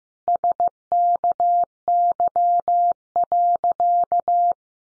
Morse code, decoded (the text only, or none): SKY.